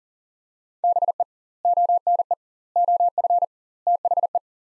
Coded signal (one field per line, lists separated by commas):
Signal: Morse code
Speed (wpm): 40 wpm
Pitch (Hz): 700 Hz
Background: none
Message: BE ONE OF THE